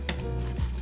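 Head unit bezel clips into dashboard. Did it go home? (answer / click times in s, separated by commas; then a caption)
yes / 0.1 s. A T10 V3.1 knobless head unit and its plastic bezel are pressed into the dash opening of a 2012 Toyota 4Runner. A sharp click at 0.1 s stands out over a steady low hum as the retaining clips snap in. The head unit is seated in the dash.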